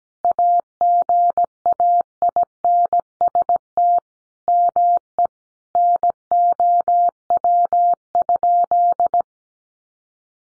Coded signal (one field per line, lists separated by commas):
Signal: Morse code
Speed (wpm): 17 wpm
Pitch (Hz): 700 Hz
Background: none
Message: AGAINST ME NOW?